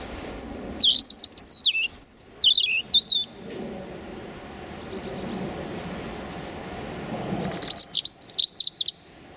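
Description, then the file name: European robin singing varied high, liquid warbled phrases, one burst early and another near the end, with faint birdsong and soft background hiss between. Male singing his territorial song. "European Robin Erithacus rubecula male singing his territorial song"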